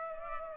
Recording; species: mosquito wingbeat signal from an infrared sensor; Culex pipiens